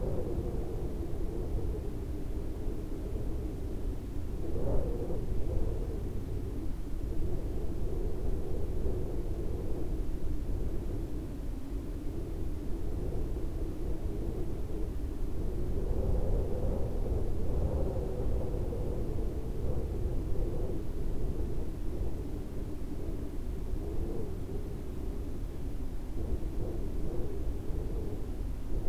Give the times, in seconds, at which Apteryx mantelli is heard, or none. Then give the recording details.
none. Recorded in New Zealand on 2 February 2014. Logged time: 22:59. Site CA73